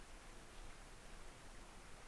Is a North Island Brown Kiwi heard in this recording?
no